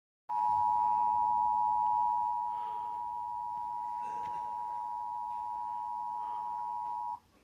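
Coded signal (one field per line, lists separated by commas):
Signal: Emergency Alert System (SAME) tones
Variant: 853 and 960 Hz attention tone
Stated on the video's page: Simulated EAS scenario alert for a fictional Santa Clara volcano.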